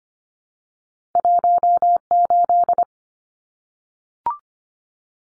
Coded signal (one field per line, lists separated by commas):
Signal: Morse code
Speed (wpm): 25 wpm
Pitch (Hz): 700 Hz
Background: none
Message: 18